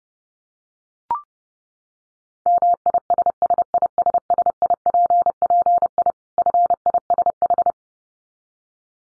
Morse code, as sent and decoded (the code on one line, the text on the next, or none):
-- .. ... ... .. ... ... .. .--. .--. .. / ..-. .. ... ....
MISSISSIPPI FISH